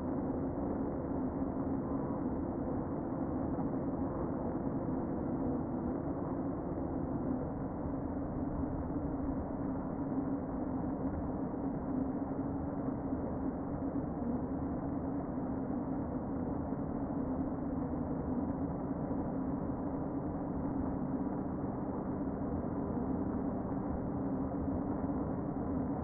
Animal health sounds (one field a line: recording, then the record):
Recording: honeybee colony, microphone inside the hive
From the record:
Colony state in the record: queen present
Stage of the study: before two queens were removed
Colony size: about 60,000 bees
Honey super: yes